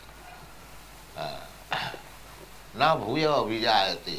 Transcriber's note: loud sound of firecrackers throughout